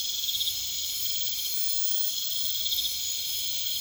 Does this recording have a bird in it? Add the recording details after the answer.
no. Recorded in pastures near Puerto Asís, Putumayo, Colombia, on 21 December 2024 at 21:30. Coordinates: 0.472, -76.329. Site G072